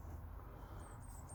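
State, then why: Not seated. A steel blade of a Rough Ryder Classic G-10 folding hunter, a slip-joint folding knife with brass liners and a G10 handle, is handled and moved toward its half-stop detent on the backspring. A steady low rumble fills the clip, with a faint, brief tick near 0.4 s and thin high tones after 0.8 s. Nothing has clicked or seated into the half stop yet.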